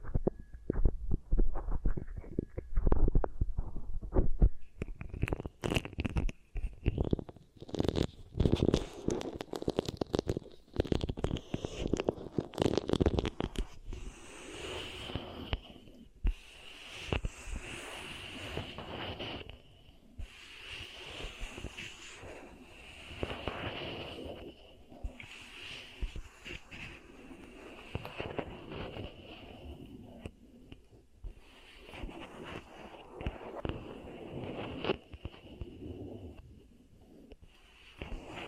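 Beeswax is pressed and kneaded, giving dense sticky crackles and squishy, rumbling pops. The first dozen seconds are loud and busy with sharp snaps; after that the handling turns softer and more even, with a thin steady whistling tone underneath until the end.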